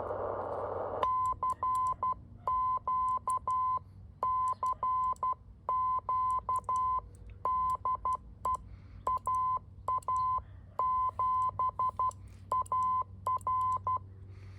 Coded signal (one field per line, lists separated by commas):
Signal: Morse code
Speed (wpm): 12 wpm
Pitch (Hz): 1020 Hz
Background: none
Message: CQ CQ DE AA7AR